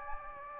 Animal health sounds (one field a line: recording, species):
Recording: mosquito wingbeat signal from an infrared sensor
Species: Anopheles gambiae